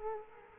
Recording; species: mosquito wingbeat signal from an infrared sensor; Culex quinquefasciatus